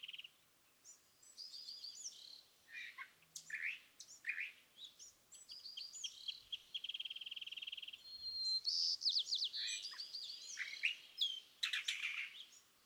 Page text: Birdsong for the Curious Naturalist. California thrasher. Song, excerpted from a longer dawn session on day 1. listen for the repeated theme of notes that the thrasher has chosen to use this morning. March 9, 2017. Montaña de Oro State Park, Los Osos, California